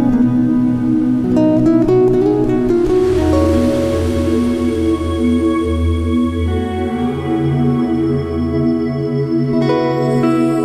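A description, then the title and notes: Meditative guitar notes are plucked in the first three seconds, ringing over a sustained ambient pad. From about three seconds a low, steady hum swells in and a soft hiss like sea waves washes through, with fresh bright plucks near the ten-second mark. Meditative guitar to ambient pad with sea waves.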